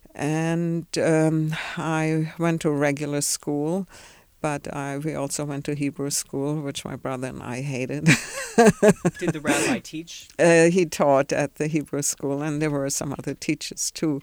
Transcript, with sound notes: And I went to regular school, but I, we also went to Hebrew school, which my brother and I hated. (she laughs)
Did the rabbi teach?
He taught at the Hebrew school, and there were some other teachers, too.